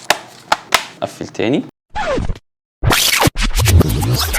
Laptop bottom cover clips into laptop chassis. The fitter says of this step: طبعا سامعين صوت التكتكه.